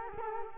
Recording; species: mosquito wingbeat signal from an infrared sensor; Culex quinquefasciatus